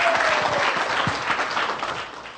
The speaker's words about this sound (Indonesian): Tepuk tangan untuk Anda semua.